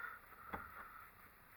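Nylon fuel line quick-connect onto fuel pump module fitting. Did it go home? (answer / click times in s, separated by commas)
no / none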